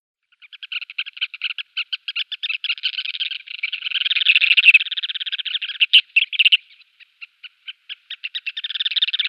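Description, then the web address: Turnstone chattering calls, a long rattling run of quick staccato notes swelling into a dense trill, then slowing to separate notes and speeding again. "Schulze Peter Turnstone calls"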